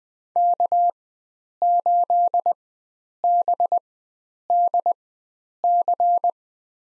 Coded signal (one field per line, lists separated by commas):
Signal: Morse code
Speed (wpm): 20 wpm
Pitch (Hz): 700 Hz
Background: none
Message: K8BDC